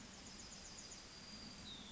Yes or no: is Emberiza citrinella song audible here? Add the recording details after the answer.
yes. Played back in forest. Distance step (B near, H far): F. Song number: 114